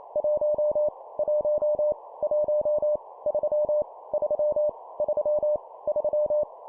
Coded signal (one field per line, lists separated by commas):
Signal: Morse code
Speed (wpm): 28 wpm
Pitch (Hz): 600 Hz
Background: none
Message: 1 1 1 3 3 3 3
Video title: 25wpm Repeat three times Random Number, morse code practice